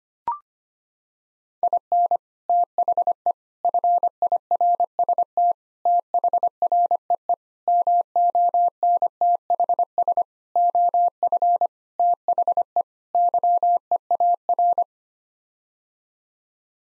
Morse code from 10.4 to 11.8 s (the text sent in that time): OF